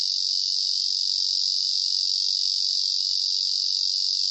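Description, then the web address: Ezo cicada song, a steady high continuous buzzing drone without breaks throughout. Recorded on 1 August 2000. "2000 000801 ezozemi"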